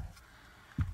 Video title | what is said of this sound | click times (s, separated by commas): 2013 - 2017 Cadillac XTS Factory Navigation Upgrade - DIY | Clips snaps back in place | 0.7 s, 0.8 s